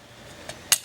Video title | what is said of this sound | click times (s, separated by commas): Stag Arms AR15 Model 1 Reassembly | it should just snap right in give | 0.7 s